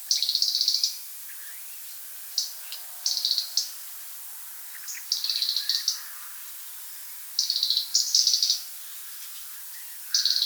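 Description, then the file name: European robin song: short, high, tinkling phrases of rapid thin notes, separated by pauses. "rotkehlchen"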